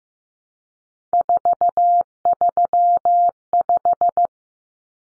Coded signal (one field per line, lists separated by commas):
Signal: Morse code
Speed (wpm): 15 wpm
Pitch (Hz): 700 Hz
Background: none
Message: 435